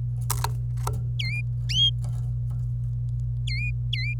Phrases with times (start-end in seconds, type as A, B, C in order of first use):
1.19-1.41 A, 3.47-4.14 A